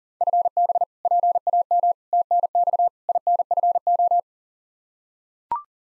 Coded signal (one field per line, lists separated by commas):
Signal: Morse code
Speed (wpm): 40 wpm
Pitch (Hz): 700 Hz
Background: none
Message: FB PAM TNX INFO